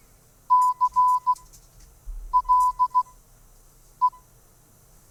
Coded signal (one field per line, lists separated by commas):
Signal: Morse code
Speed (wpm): 16 wpm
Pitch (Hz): 1000 Hz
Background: none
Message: C L E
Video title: NARC Live! 12th January 2022 - IT for the Radio Amateur with Bob G6PWS